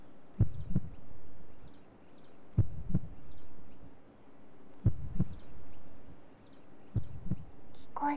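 Four muffled lub-dub heartbeats of an adult woman, each a low thump followed closely by a second, come at a slow, even pace of about 27 a minute. The heart sounds are heard through a stethoscope under clothing, over a soft steady hiss.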